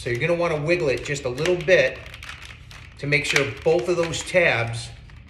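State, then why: Not seated. Someone talks while wiggling a plastic SimplKomb comb honey insert so its tabs go into a beehive frame, with brief handling taps around 2.2, 2.3, 2.7 and 5.1 seconds. Nothing has seated or clicked yet.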